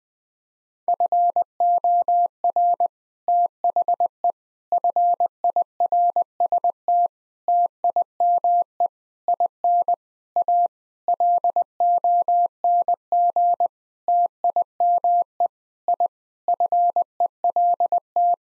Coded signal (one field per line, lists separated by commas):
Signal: Morse code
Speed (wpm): 20 wpm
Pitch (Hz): 700 Hz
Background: none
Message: FOR THE FIRST TIME IN A LONG TIME I FELT